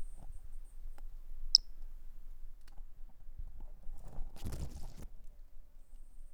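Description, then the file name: Toadlet call: one short, high, sharp note, later a brief burst of rustling or scraping noise. A single individual, numbered 08, not collected, recorded on 10 March 2016. "Brachycephalus tridactylus individual 08 not collected by MR Bornschein 160310"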